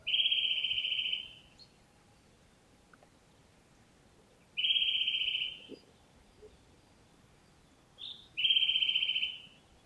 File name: Sitta europaea